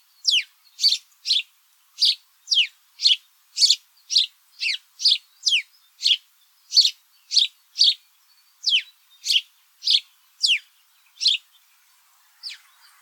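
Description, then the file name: House sparrow calls, a long run of loud, descending chirps delivered about twice a second, slowing and fading near the end. "Passer domesticus"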